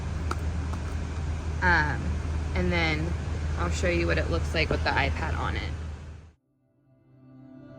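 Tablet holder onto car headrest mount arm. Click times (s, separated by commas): 0.3 s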